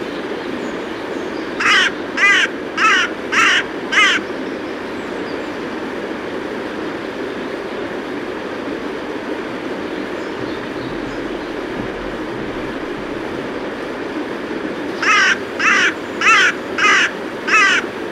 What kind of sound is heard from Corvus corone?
call